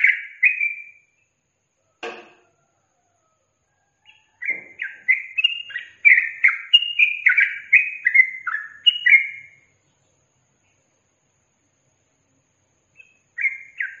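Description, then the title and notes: Yellow-vented bulbul singing in bursts of rapid, chattering slurred notes, with long pauses between phrases and a couple of clicks. Master recording for training captive birds; song in the tembakan and ropel styles. "MASTERAN Trucukan Tembakan Dan Ropel. BURUNG TRUCUKAN"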